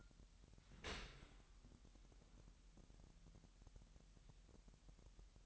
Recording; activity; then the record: daily activity, microphone in the room; open dishwasher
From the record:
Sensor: 3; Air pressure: 998.2 hPa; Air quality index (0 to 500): 150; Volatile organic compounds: 5 ppm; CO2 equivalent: 1794 ppm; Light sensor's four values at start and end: 13/39/15/14 and 13/39/15/14